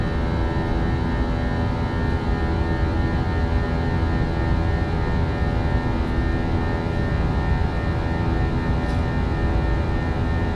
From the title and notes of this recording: Full Flight From Ft.Lauderdale To San Juan, Puerto Rico. Plane Sounds, Flight Sounds. Engine Sounds, Mechanical Sounds.